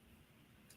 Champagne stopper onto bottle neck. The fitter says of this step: oh I heard it click and once it's clicked all right it is good and